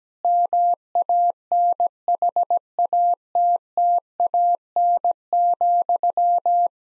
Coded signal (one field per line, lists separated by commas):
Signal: Morse code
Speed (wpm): 17 wpm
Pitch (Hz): 700 Hz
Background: none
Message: MANHATTAN,